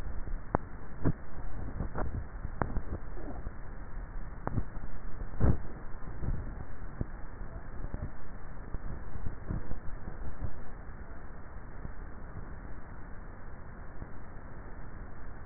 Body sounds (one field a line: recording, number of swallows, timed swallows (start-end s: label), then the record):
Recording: swallowing sounds by neck microphone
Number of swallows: 2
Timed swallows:
1.65-2.65 s: swallow
9.42-10.08 s: swallow
From the record:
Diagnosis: dysphagia